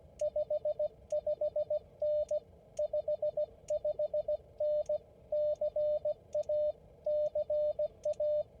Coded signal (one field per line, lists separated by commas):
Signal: Morse code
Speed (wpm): 17 wpm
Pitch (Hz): 600 Hz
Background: radio noise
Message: 55N 55N CA CA